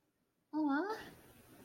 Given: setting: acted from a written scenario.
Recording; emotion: vocal sound without words; adoration